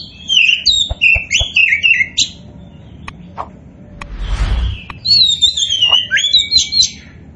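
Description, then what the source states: Oriental magpie-robin song: rapid, varied whistled notes and chirps, then a second run of warbling phrases, with sharp clicks and a brief rustling noise between them. Indonesian kacer poci bird, described as gacor, meaning it is singing vigorously.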